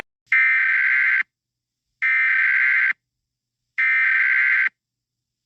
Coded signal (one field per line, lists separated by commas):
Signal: Emergency Alert System (SAME) tones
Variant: header bursts